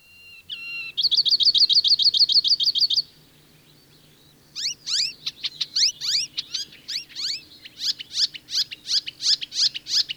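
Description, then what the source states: Icterine Warbler song: a brief whistle, then a fast run of many identical high notes, a pause, then varied repeated notes including downslurred whistles. Migrant arriving in Finland in late May; found in lush parks of southern and central Finland; own motifs plus borrowings from other birds, including harsh Fieldfare-like sounds; a daytime singer.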